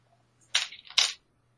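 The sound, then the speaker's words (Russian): A percentile die clatters across a hard surface in two quick bursts of bright, rattling clicks, moderately loud, with no talking and near silence before and after. “Кидай процентный кубик.”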